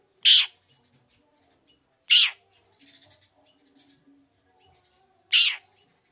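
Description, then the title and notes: Long-tailed shrike: three loud, harsh squawking notes from a long-tailed shrike, spaced irregularly over a few seconds, with quiet gaps and faint chatter between. Morning singing with varied "toet toet" notes, used as a lure to provoke other long-tailed shrikes into answering. "Cendet Gacor Dor Di Kala Pagi Toet Toet Variasi Suara. Pancingan Emosi Cendet Gacor Full Variasi Toet Toet Bikin Nyaut Cendet Lain Langsung Ikutan Bunyi. Burung cendet"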